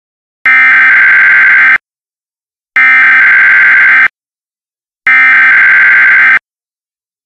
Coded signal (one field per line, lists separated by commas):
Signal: Emergency Alert System (SAME) tones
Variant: header bursts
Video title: MOCK EAS NUCLEAR EMERGENCY EAST TENNESSEE - IT COULD HAPPEN TOMMORROW